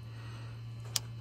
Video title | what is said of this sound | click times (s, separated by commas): Tesla Model 3 / Model Y Frunk Latch Fix | and two clicks and you can see it's two clicks now and you can see that the switch is depressed | 1.0 s